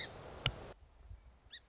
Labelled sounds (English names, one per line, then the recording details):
Song Sparrow
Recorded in Sonoma County, California